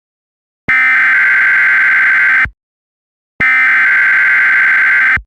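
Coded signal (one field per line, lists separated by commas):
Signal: Emergency Alert System (SAME) tones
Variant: header bursts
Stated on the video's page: Simulated mock severe thunderstorm alert tones, made with WarnGen and audio edited in Audacity.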